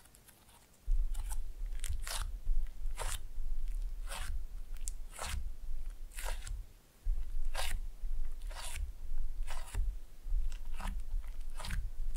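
Squelchy slime being played with: bright wet squishes and snaps recur about every half second over a low steady rumble, briefly pausing near seven seconds.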